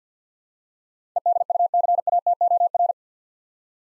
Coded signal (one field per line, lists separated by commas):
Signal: Morse code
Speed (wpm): 50 wpm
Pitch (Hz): 700 Hz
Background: none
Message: EDUCATOR